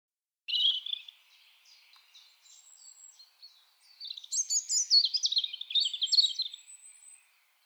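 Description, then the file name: European robin song: a short high trill, soft thin notes, then a long varied phrase of rapid twittering and high whistled notes from about four seconds. "Erithacus rubecula"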